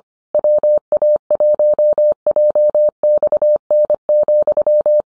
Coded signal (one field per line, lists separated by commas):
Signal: Morse code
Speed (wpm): 25 wpm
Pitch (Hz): 600 Hz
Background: none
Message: WA1JXN,